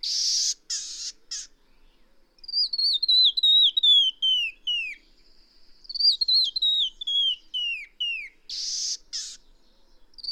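Bird song opening with harsh buzzes, then two long cascades of sliding whistled notes, each dropping in pitch, before more rasping bursts at the end.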